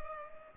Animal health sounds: mosquito wingbeat signal from an infrared sensor; Culex pipiens

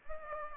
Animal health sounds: mosquito wingbeat signal from an infrared sensor; Culex pipiens

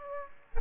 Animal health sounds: mosquito wingbeat signal from an infrared sensor; Aedes aegypti

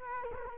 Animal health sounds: mosquito wingbeat signal from an infrared sensor; Culex quinquefasciatus

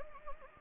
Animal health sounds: mosquito wingbeat signal from an infrared sensor; Anopheles gambiae

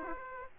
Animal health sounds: mosquito wingbeat signal from an infrared sensor; Aedes aegypti

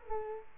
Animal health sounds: mosquito wingbeat signal from an infrared sensor; Culex quinquefasciatus

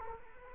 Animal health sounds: mosquito wingbeat signal from an infrared sensor; Culex quinquefasciatus

